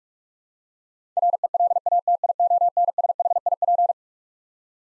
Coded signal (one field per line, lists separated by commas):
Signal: Morse code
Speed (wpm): 46 wpm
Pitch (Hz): 700 Hz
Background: none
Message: RELATIONSHIP